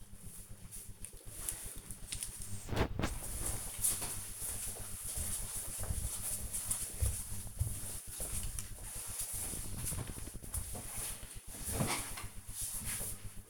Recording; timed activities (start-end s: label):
household activities, microphone on the right wrist
none